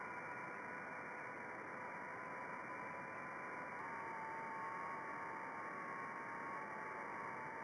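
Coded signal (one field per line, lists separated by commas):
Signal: FT8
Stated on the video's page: FT8 signals on 10 m received in Botswana.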